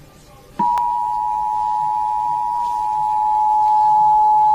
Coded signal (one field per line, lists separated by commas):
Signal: Emergency Alert System (SAME) tones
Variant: 853 and 960 Hz attention tone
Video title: Eas Footage